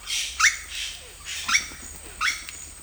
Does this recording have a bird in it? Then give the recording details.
yes. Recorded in dense forest near Puerto Asís, Putumayo, Colombia, on 26 December 2024 at 12:00. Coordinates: 0.485, -76.318. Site GP03